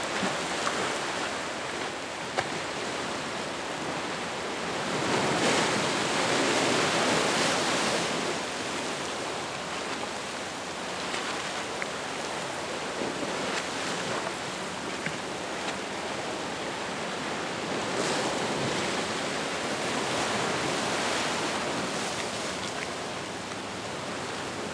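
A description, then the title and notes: Ocean waves wash steadily at Pyramid Beach in Santa Cruz, a dense hiss of surf that never drops away. Louder swells rise around five to eight seconds and again near eighteen to twenty-one, each easing back into the constant rushing wash. Ocean waves at Pyramid beach, Santa Cruz, CA. W Cliff Dr, Pyramid beach, Santa Cruz, California.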